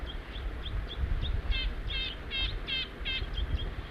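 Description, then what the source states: Crossbill calls, short chirps rapidly repeated, some stacked and buzzy in the middle, over low rumbling background noise. A crossbill family, including juveniles, taking off.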